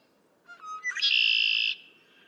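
Red-winged blackbird: a few clipped lead-in notes, then a long, harsh, buzzy trill that cuts off abruptly.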